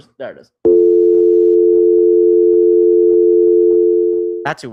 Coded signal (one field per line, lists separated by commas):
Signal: telephone call progress tone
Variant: North America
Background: speech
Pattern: dial tone